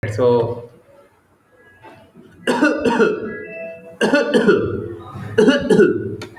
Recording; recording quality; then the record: heavy voluntary cough; excellent, no background noise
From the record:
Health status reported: exposed to COVID-19, no respiratory illness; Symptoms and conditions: loss of smell and taste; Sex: male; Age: 33 years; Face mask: not worn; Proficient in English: yes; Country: India